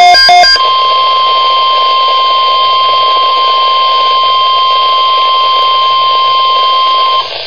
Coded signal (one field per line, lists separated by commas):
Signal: Emergency Alert System (SAME) tones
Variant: 1050 Hz attention tone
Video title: EAS Alert #4-5 - 2012 Wisconsin Statewide Tornado Drill 4/19/12